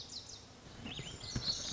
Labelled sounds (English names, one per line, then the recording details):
Lazuli Bunting
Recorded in Sonoma County, California